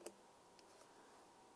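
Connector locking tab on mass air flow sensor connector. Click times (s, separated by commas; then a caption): 0.1 s. The red plastic locking tab on the electrical connector of a 2003-2011 Mercury Grand Marquis mass air flow sensor is pressed toward the sensor, giving a sharp snap at 0.1 s as it locks closed and a fainter tick at 0.6 s. The connector is seated and locked to the sensor.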